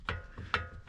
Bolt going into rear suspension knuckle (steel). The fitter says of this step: so that's stripped so unfortunately